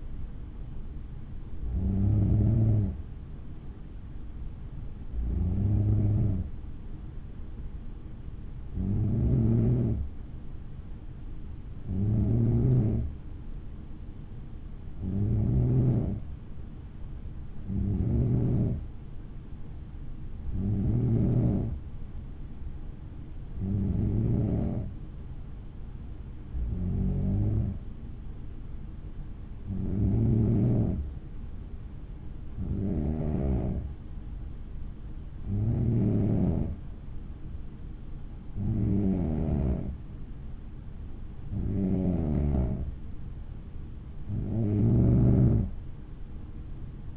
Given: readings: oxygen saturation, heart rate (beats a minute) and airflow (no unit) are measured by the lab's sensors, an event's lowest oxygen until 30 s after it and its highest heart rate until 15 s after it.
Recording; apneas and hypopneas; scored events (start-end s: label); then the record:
breathing in sleep by a smartphone at the bedside; none
none scored
From the record:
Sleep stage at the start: N3 (deep sleep); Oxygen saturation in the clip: 92 to 94%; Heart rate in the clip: 57 to 62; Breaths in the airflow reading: 15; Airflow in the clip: -6.3 to 5.2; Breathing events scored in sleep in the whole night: 216 in 7.0 hours asleep